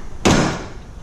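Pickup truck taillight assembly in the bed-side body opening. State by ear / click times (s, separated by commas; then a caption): released / 0.2 s. A loosened taillight assembly on a 2014–2019 Chevrolet Silverado pickup is pulled straight out of its bed-side body opening. A sharp, broadband pop sounds at 0.3 s, then decays over about half a second. The plastic retaining clips let go and the taillight housing is released from the truck body.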